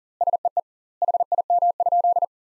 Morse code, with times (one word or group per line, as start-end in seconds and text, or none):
0.2-0.6 SEE
1.0-2.2 HIM?